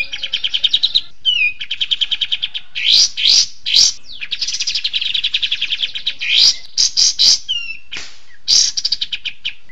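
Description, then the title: Bird song made of rapid buzzy trills around high pitch, broken by sharp bursts and short falling whistles, phrases changing every second or two. Song used for training songbirds (masteran). "Suara masteran Burung"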